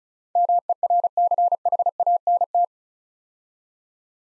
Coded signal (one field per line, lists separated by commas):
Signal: Morse code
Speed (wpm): 39 wpm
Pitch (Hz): 700 Hz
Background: none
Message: MERCHANT